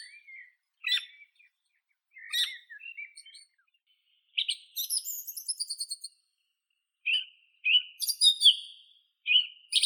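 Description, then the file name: Song thrush singing softer varied phrases, short whistles, scratchy notes and a high twittering run, with silent gaps between bursts. "Neizvesten - Drozd pevchij Turdus philomelos"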